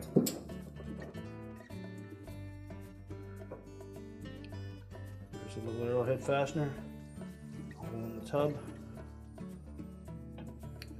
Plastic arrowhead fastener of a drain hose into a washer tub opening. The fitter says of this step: Just press it in until it locks in place. That's secured